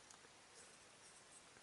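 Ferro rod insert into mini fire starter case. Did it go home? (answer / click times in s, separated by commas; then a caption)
no / none. The two halves of a small metal UST SparkForce fire starter case, one with a hole and one with a slot, are lined up while the ferro rod piece is worked in. Only faint handling noise and a short tick around 0.1 s are heard over a steady hiss. The clip ends before the case snaps shut, so nothing has seated or clicked yet.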